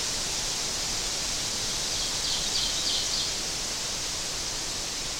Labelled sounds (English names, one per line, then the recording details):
Ovenbird song
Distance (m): 50 m
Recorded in boreal forest in Alberta, Canada, on 12 June 2016 at 07:40
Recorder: SongMeter 3, array SBT-3-18
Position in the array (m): 122 m, 108 m
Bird 29